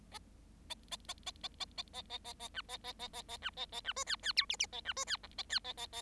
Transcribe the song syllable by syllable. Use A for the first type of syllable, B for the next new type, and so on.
A A A A A A A A A A A B A A A A A B A A B C D D E F F A B C D G A D A A A